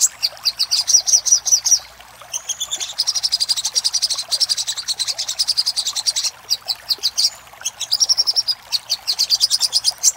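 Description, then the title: Little spiderhunter: fast, high chips in long bursts separated by short pauses. Master recording for training cage birds; labelled labaik. "Masteran Burung Sogok Ontong Labaik"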